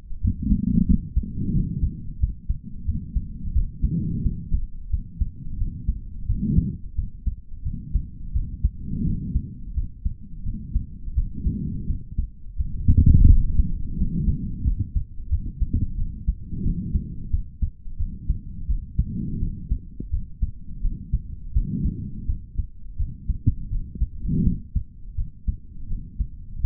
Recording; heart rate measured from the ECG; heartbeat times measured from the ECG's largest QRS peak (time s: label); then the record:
heart sounds by stethoscope; 86 bpm
0.21 s: heartbeat
0.86 s: heartbeat
1.53 s: heartbeat
2.20 s: heartbeat
2.86 s: heartbeat
3.53 s: heartbeat
4.23 s: heartbeat
4.90 s: heartbeat
5.57 s: heartbeat
6.26 s: heartbeat
6.95 s: heartbeat
7.63 s: heartbeat
8.33 s: heartbeat
9.04 s: heartbeat
9.74 s: heartbeat
10.44 s: heartbeat
11.14 s: heartbeat
11.87 s: heartbeat
12.56 s: heartbeat
13.27 s: heartbeat
13.96 s: heartbeat
14.64 s: heartbeat
15.29 s: heartbeat
15.96 s: heartbeat
16.62 s: heartbeat
17.30 s: heartbeat
17.97 s: heartbeat
18.67 s: heartbeat
19.39 s: heartbeat
20.10 s: heartbeat
20.81 s: heartbeat
21.53 s: heartbeat
22.26 s: heartbeat
22.97 s: heartbeat
23.69 s: heartbeat
24.43 s: heartbeat
25.15 s: heartbeat
25.87 s: heartbeat
26.61 s: heartbeat
From the record:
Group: healthy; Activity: rest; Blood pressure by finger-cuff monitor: 147/68 mmHg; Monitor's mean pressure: 90 mmHg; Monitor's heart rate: 87 bpm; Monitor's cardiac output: 5.7 L/min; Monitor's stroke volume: 64 mL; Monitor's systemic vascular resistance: 1160 dyn s/cm5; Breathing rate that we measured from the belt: 24 breaths a minute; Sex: male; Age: 55 years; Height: 167 cm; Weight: 57.2 kg